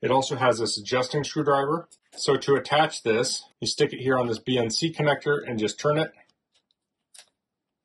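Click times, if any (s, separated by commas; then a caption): 7.2 s. Someone talks while an oscilloscope probe's BNC plug is pushed onto the BNC input socket of a ZOTEK ZT-702S 2-in-1 digital oscilloscope multimeter and twisted. After the talking stops, a short click at 7.2 s marks the bayonet locking, and the plug is seated.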